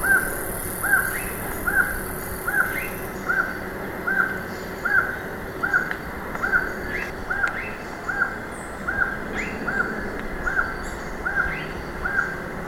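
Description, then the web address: Black-mandibled toucan repeating short arched yelps steadily throughout, partly masked by other high chirping birds and a shrill insect hum. Ecuador, South America. "Birds of Ecuador. Black-mandibled Toucan"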